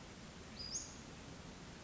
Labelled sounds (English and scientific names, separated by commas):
Western Flycatcher (Empidonax difficilis)